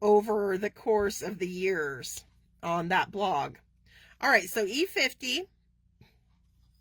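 Someone talks while handling an E50 alcohol marker about to be pushed into the plastic Copic air grip of a marker airbrush system. The speech stops at about 5.5 seconds and the rest of the clip is near-silent; the marker has not yet seated or popped in.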